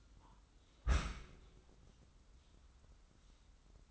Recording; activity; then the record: daily activity, microphone in the room; close dishwasher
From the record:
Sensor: 3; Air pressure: 994.4 hPa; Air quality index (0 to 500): 209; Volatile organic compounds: 1000 ppm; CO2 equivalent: 6998 ppm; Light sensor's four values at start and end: 205/497/210/211 and 199/482/203/203